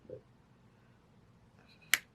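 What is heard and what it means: A snap-on pull-off cap is pushed onto a fountain pen body and seats with one sharp, bright click at 1.9 s. Before that there are only a soft low thump near 0.1 s and faint rustling over a quiet background.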